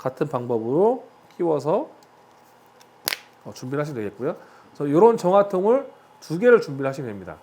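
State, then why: Seated. A pre-filter retainer is pushed onto the bottom of a gas mask purifying cartridge the same way as before. It seats with a sharp click at 3.1 s while someone talks before and after. The second filter retainer is seated on the cartridge.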